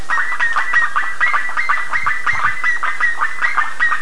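Busy bird chatter, short nasal notes repeated quickly and unevenly by several birds at once.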